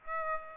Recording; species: mosquito wingbeat signal from an infrared sensor; Aedes aegypti